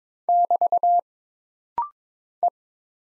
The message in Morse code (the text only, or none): <BT> E